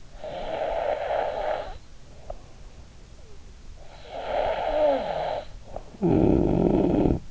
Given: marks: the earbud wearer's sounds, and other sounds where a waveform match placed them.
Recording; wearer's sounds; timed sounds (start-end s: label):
sounds in sleep by an in-ear microphone; snoring breath
0.23-2.51 s: snoring breath
3.87-7.31 s: snoring breath